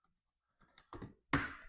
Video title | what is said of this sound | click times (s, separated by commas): I Got a Secret Package for Our Kia EV6! | All right, everything's snapped into place. | 1.3 s